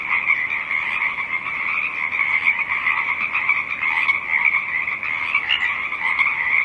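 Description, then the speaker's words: Pacific chorus frog: a dense chorus of many overlapping croaks forming an even, sustained throb from start to end. Several Pacific chorus frogs singing in a rising chorus. "The song of the Pacific chorus frogs rises"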